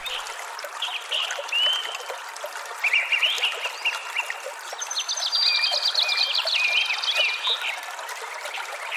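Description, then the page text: Sparrows chirping in a flock chorus, overlapping short chirps and whistled notes, continuous throughout. Tree and Sparrows singing together. "Sparrows by SpaceLabStudio"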